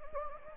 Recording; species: mosquito wingbeat signal from an infrared sensor; Anopheles gambiae